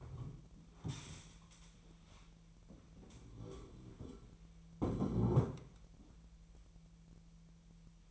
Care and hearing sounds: daily activity, microphone in the room; stand up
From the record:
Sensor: 1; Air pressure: 1001.9 hPa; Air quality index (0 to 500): 243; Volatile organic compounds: 108 ppm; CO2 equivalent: 3805 ppm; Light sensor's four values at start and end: 10/24/10/12 and 10/24/10/11

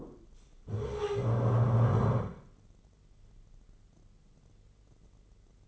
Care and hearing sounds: daily activity, microphone in the room; stand up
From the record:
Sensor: 4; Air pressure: 996.8 hPa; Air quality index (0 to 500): 240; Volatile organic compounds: 335 ppm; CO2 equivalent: 4554 ppm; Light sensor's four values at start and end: 44/108/44/44 and 44/108/44/44

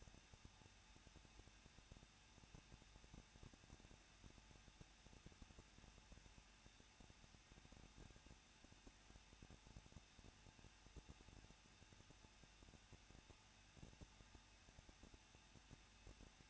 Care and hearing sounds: daily activity, microphone in the room; no activity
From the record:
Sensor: 2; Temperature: 21.0 degrees Celsius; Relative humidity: 37.5%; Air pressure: 1006.3 hPa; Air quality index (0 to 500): 223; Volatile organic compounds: 25 ppm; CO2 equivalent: 2828 ppm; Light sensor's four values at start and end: 2/3/2/2 and 2/3/2/2

